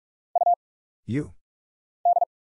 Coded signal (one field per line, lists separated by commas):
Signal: Morse code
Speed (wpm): 46 wpm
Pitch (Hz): 700 Hz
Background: none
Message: U D